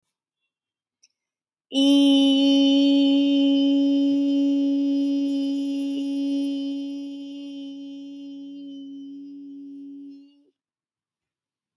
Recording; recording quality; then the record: sustained vowel as in beet; excellent, no background noise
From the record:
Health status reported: respiratory illness, not identified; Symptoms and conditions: sore throat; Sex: female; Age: 39 years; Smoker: not ticked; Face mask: not worn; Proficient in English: yes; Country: India